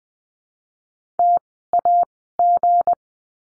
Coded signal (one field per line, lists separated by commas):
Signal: Morse code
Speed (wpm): 19 wpm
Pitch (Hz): 700 Hz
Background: none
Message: TAG